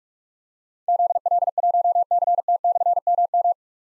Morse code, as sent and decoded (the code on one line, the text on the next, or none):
--.. .-.. .---- -.-. - -..-. -- --
ZL1CT/MM